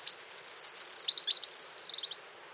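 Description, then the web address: Bird song, a high, thin twittering phrase that slides gradually downward and ends in a quick run of descending notes, lasting about two seconds. Costa Rican cloud forest birds; song and call. "Birds of the Costa Rican Cloud Forest Song and call"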